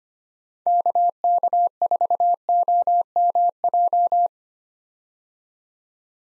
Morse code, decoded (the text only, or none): KK4OMJ